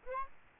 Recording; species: mosquito wingbeat signal from an infrared sensor; Aedes albopictus